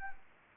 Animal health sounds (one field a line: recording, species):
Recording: mosquito wingbeat signal from an infrared sensor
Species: Anopheles arabiensis